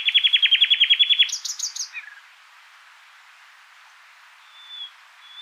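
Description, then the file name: Common nightingale song: a fast, even run of many clipped notes, then a brief buzzy burst, followed by quiet with a faint thin whistle. "Luscinia megarhynchos"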